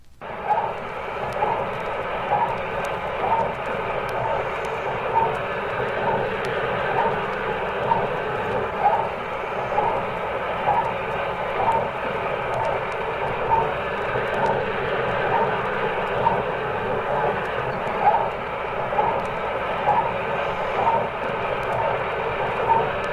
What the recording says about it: The heartbeat of Laika, the dog, in Sputnik number 2, recorded on November 6th, 1957. Fading was quite severe that night on account of Aurora Borealis display, so we have taken 10 good clear heartbeats, repeated it several times, and spliced them together. The splicing is not perfect, so that the break in rhythm is obvious. That's not the sound of Laika barking, that's the sound of her heartbeat, well, telemetry of it.